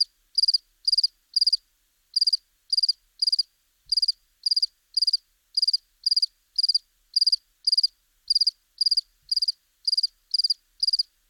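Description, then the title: House cricket giving repeated pulsed chirps about twice per second, with a brief gap near two seconds, otherwise steady and alone. Recorded at Buoux, Vaucluse, in May 2001. "Sylvain Jaskowiak - Animus. Grillon domestique - Buoux, Vaucluse - mai 2001"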